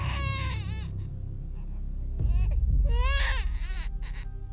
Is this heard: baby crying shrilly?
yes